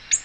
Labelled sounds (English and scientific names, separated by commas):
Ovenbird (Seiurus aurocapilla) flight call